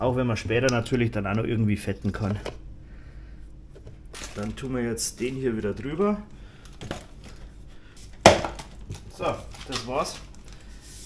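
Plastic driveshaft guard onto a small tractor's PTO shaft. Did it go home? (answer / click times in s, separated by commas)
yes / 8.3 s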